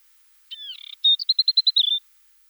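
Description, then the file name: Asian desert warbler gives a single phrase, a dry buzzy churr then a quick run of high, sweet, evenly spaced notes. "Slavka pustynnaja"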